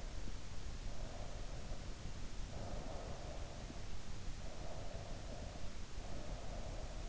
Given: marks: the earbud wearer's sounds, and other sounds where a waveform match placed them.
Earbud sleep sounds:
sounds in sleep by an in-ear microphone; breath
1.05-3.62 s: breath
4.45-7.08 s: breath

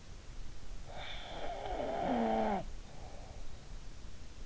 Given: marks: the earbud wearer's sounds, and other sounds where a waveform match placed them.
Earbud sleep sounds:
sounds in sleep by an in-ear microphone; snoring breath
1.17-3.51 s: snoring breath

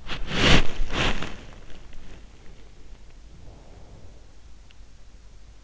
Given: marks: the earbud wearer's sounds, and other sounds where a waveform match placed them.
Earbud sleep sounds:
sounds in sleep by an in-ear microphone; body movement, breath
0.00-2.03 s: body movement
2.56-4.49 s: breath

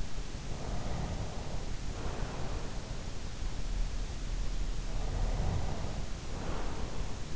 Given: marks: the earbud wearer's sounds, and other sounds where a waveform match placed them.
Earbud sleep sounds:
sounds in sleep by an in-ear microphone; breath, snoring breath
0.39-2.88 s: breath
4.69-7.36 s: snoring breath

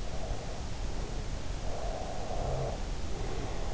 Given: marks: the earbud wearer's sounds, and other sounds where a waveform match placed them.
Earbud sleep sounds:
sounds in sleep by an in-ear microphone; breath
0.17-3.01 s: breath
2.38-3.74 s: sound from someone else or the room

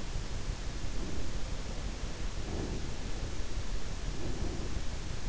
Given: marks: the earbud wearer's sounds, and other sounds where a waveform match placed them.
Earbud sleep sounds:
sounds in sleep by an in-ear microphone; breath
0.80-1.61 s: breath
2.21-3.02 s: breath
3.98-4.95 s: breath

